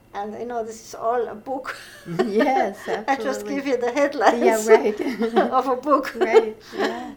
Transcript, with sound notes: And, you know, this is all a book.
Yes. ( they laugh )
I just give you the headlines.
Yeah, right.
Of a book.
Right, yeah.